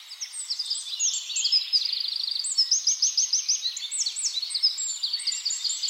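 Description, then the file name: Eurasian wren delivering a rapid, high, tumbling song of sharp chips and quick trills, loud and continuous with barely a break. "Troglodytes troglodytes"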